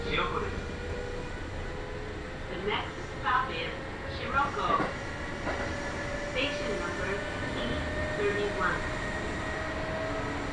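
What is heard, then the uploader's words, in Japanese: Inside a local train running between stations, a steady low rumble and a constant whining hum fill the carriage. Short bursts of voices, likely passengers talking, rise briefly around the second, third, fourth and eighth seconds over the continuous running noise. 近鉄名古屋線各駅停車 塩浜→白子。平日の午前中は地元客が病院に行くのに使ったりと人の出入りがあります。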